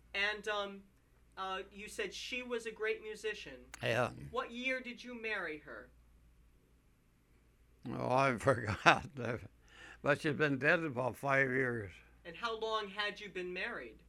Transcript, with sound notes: And you said she was great musician.
Yeah.
What year did you marry her? (he laughs)
But she's been dead about five years.
And how long had you been married?